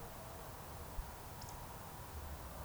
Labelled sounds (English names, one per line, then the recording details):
Eurasian Woodcock whistle
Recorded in Baden-Württemberg, Germany, on 3 June 2021 at 20:04 UTC
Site 45499, 200 m above sea level